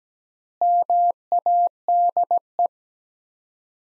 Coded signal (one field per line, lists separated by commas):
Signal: Morse code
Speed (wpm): 17 wpm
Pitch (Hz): 700 Hz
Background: none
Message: MADE